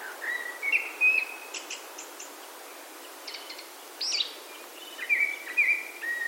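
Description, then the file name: Japanese thrush song: a long level whistled phrase, scattered high chips, then another sustained whistled phrase with slight warbles. "kurotsu"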